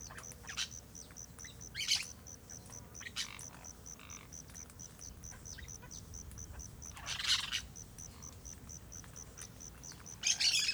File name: Jandaias verdadeiras comendo goiaba goiabeira em terra ronca, outros passaros, moscas, cigarras, vento suave, gravacao em ab